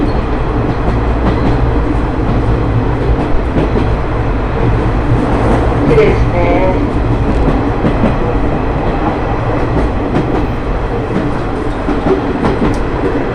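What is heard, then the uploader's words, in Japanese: Riding the Tokushima Line trolley train between Sadamitsu and Manabu, the carriage gives off a steady, dense rumble with a low hum underneath. Faint clicks of wheels on rail joints tick through it, and around six seconds a brief squeal rises over the noise. 耳で楽しむ鉄道旅 徳島線 藍よしのがわトロッコ 貞光→学。トロッコ車両に乗っていましたが、意外に風が冷たく感じるので普通車のほうに避難してきました。こちらのほうが静かでしたので、半分寝ながら移動していました。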